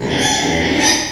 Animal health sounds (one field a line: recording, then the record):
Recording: squeal of a Yucatan mini pig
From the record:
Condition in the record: before surgery on the right vocal fold (resection and tissue-engineered implant)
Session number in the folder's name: 2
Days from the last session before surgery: 0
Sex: male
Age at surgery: 12 weeks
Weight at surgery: 13 kg